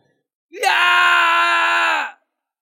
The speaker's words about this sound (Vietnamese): U Vũ hét lớn, thân thể run rẩy